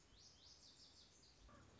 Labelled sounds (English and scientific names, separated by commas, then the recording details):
Lazuli Bunting (Passerina amoena)
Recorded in Sonoma County, California